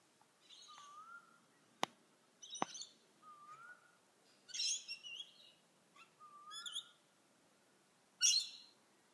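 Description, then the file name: Bird chirps and whistles: short rising whistled notes alternate with higher, buzzy chirps, separated by a couple of sharp clicks over a quiet background. "Tweets"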